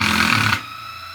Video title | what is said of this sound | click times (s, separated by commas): RC Car Life Hacks + Hot Glue Gun | See, look at that, it's just stripped the thread straight out. | 0.3 s, 0.5 s